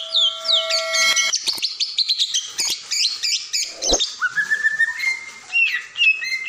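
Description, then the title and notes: Oriental magpie-robin song: a fast run of varied high whistles and trills, then a long rising slurred whistle and a few sweet phrases, with a brief low thump midway. Long-duration filler (isian) song meant for training, the bird described as singing actively day and night. "Kacer Jadi Gacor Siang Malam. Isian Kacer Durasi Panjang"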